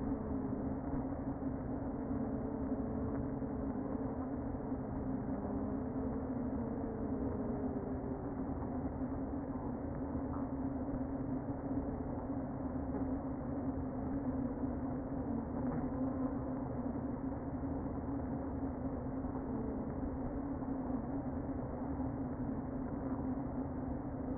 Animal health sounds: honeybee colony, microphone inside the hive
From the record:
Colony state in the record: queen present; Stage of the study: before two queens were removed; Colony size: about 60,000 bees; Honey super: yes

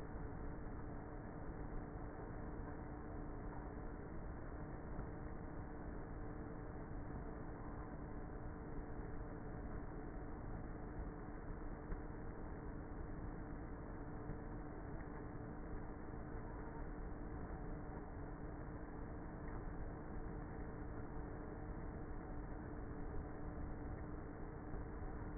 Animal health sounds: honeybee colony, microphone inside the hive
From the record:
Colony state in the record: queenless with a low population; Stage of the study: before two queens were removed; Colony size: about 30,000 bees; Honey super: no

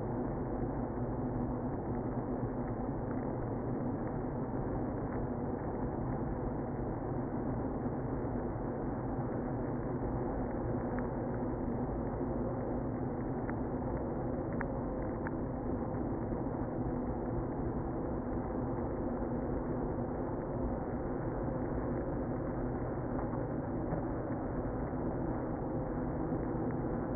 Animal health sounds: honeybee colony, microphone inside the hive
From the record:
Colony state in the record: queenless (queen removed); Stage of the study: after two queens were removed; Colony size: about 60,000 bees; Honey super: yes

